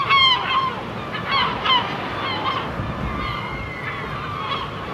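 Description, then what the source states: Gull calls: a few loud, sharp, downslurred cries early on, then fainter drawn-out wails over a soft background hiss. Seagulls on the shore.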